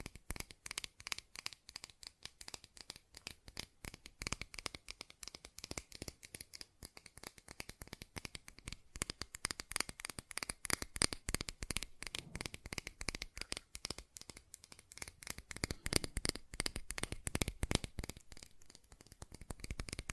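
Fast tapping runs throughout in dense, rapid clusters of sharp, crisp clicks, with no pauses longer than a moment. The taps are bright and dry, and the pace stays quick and irregular, growing slightly fuller toward the end.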